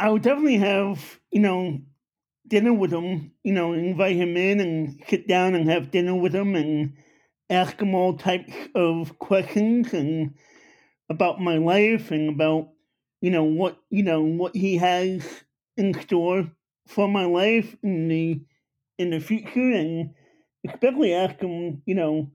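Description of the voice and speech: Fluent conversational adult male speech with marked nasal resonance and softened consonants, a speech impediment. The speaker was born with Apert syndrome, which affects the face, fingers and toes, and has had many operations. He attended speech classes as a child because of the operations.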